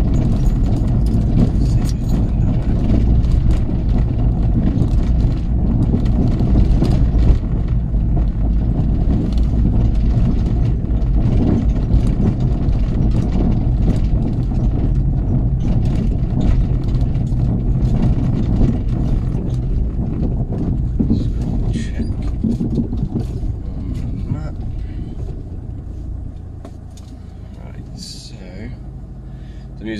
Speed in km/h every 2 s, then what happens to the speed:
23, 23, 23, 21, 23, 21, 19, 18, 16, 15, 11, 8, 6, 0, 0.
0-9 steady at about 23. 9-25 slows to 0. 25-30 standing.